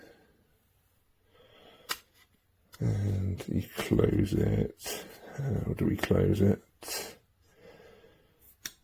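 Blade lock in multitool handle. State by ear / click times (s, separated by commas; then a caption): released / 8.7 s. Someone talks while working out how to close the blade of a GIRIAITUS 17-in-1 multifunction knife multitool, with fire-starting sticks and a bottle opener. A short sharp click is heard at 8.7 s as the blade lock in the multitool handle releases, so the blade can close.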